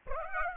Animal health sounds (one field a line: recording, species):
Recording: mosquito wingbeat signal from an infrared sensor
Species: Aedes aegypti